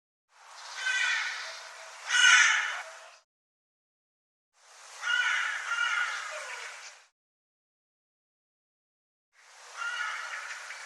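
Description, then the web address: Bird giving three harsh, raspy calls, the first two lasting two to three seconds with a couple of louder peaks and the last cut off at the end, separated by silent gaps. "cianscape birddata Deverinetal 2025"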